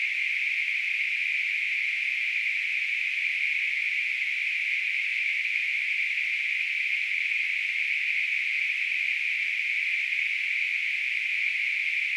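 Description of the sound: Simulated tinnitus sound: a steady, continuous hissing band of noise centred around 2–3 kHz, with almost no low-frequency content, unchanging throughout.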